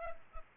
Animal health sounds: mosquito wingbeat signal from an infrared sensor; Culex pipiens

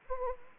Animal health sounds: mosquito wingbeat signal from an infrared sensor; Anopheles gambiae

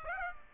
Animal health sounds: mosquito wingbeat signal from an infrared sensor; Aedes aegypti

